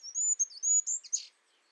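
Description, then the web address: Bird giving a short phrase of a few high, drawn-out whistled notes followed by a brief buzzy ending. "Bird Only"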